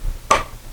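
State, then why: Seated. A plastic screw-base adapter connector is pushed into the socket on an LED recessed light retrofit module. A single sharp snap sounds at 0.3 s as the connector seats and locks in place, and no one talks.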